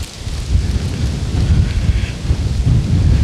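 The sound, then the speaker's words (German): A thunderstorm rumbles steadily, deep low thunder rolling under a constant hiss of rain and gusty wind, loud throughout with no voices. “Jetzt kommt Sturm auf.”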